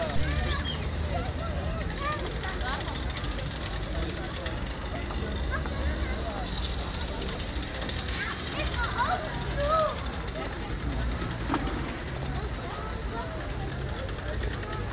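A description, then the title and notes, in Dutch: Café terraces at the Grote Markt in The Hague: a steady, dense murmur of many overlapping voices over a low traffic rumble, with brief clinks. Café-terrassen op de de Grote Markt in Den Haag.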